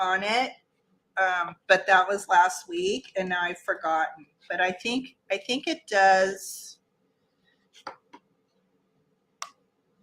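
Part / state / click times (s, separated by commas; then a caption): closure fastener on a paper journal cover / seated / 9.4 s. Someone talks while pressing a closure fastener with a small backing plate onto a paper file-folder journal cover. After the talk, a few faint taps are heard near 7.9 and 8.1 seconds, and then one short, sharp click at 9.4 seconds. The click shows that the fastener has seated.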